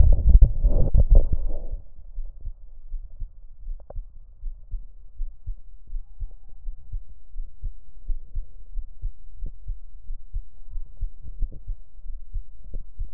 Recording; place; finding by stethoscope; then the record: heart sounds by stethoscope; aortic valve (AV); normal heart sounds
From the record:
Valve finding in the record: normal valve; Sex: female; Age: 45 years